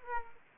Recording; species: mosquito wingbeat signal from an infrared sensor; Aedes aegypti